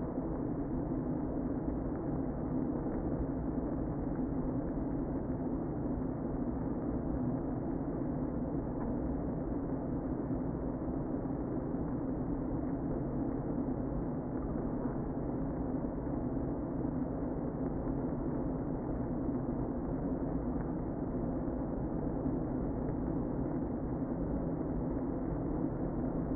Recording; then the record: honeybee colony, microphone inside the hive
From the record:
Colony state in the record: queen present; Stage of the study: before two queens were removed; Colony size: about 60,000 bees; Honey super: yes